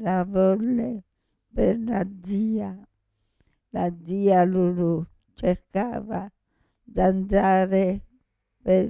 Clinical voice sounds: read passage; Italian; female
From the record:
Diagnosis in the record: Parkinson's disease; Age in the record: 65 years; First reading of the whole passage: 242 s, 2.1 characters per second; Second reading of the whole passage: 180 s, 2.9 characters per second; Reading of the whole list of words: 168 s, 1.7 characters per second

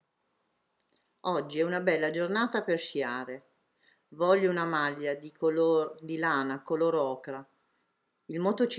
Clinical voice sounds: read phrases; Italian; female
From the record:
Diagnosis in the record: healthy control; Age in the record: 69 years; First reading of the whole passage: 64 s, 7.9 characters per second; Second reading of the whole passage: 54 s, 9.5 characters per second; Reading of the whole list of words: 33 s, 8.4 characters per second

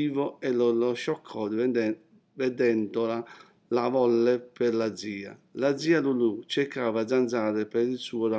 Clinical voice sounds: read passage; Italian; male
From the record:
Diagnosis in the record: healthy control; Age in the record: 60 years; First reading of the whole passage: 60 s, 8.3 characters per second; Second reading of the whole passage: 54 s, 9.4 characters per second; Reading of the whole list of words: 38 s, 7.2 characters per second

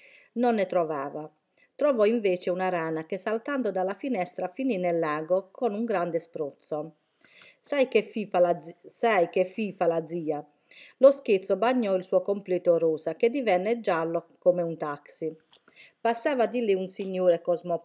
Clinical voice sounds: read passage; Italian; female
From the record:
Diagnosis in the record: healthy control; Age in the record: 61 years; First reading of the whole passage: 59 s, 8.5 characters per second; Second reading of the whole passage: 54 s, 7.6 characters per second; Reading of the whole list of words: 57 s, 4.9 characters per second

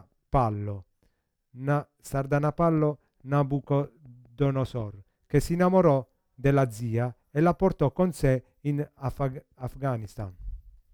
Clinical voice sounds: read passage; Italian; male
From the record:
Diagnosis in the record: Parkinson's disease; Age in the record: 50 years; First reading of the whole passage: 72 s, 7.2 characters per second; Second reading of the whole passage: 54 s, 9.6 characters per second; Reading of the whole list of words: 40 s, 7.1 characters per second

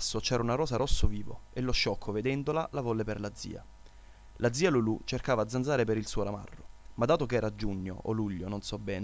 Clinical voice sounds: read passage; Italian; male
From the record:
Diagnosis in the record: healthy control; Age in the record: 20 years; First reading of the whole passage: 40 s, 12.9 characters per second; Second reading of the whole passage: 40 s, 12.9 characters per second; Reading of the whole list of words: 47 s, 6.0 characters per second

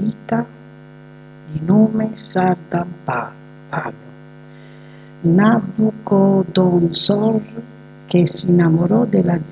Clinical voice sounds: read passage; Italian; female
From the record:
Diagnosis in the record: healthy control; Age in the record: 62 years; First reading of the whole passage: 101 s, 4.7 characters per second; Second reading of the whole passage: 77 s, 5.9 characters per second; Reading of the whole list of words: 66 s, 3.9 characters per second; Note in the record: marked for poor recording quality or reading difficulty

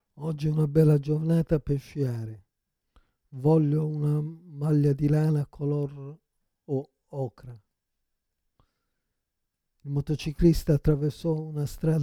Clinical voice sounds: read phrases; Italian; male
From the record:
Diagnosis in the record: Parkinson's disease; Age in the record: 56 years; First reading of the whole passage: 87 s, 6.0 characters per second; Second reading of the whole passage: 67 s, 7.8 characters per second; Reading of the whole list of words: 59 s, 4.8 characters per second

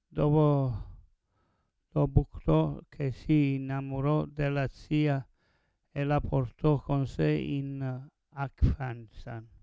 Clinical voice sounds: read passage; Italian; male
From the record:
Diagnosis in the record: Parkinson's disease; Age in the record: 70 years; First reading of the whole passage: 112 s, 4.6 characters per second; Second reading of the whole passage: 107 s, 4.9 characters per second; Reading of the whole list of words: 68 s, 4.1 characters per second

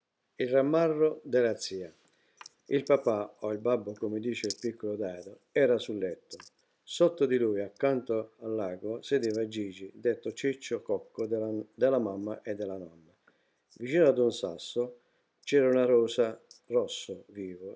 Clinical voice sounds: read passage; Italian; male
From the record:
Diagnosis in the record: healthy control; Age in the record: 68 years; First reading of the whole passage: 59 s, 8.4 characters per second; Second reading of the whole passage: 56 s, 8.8 characters per second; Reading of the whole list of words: 34 s, 8.3 characters per second

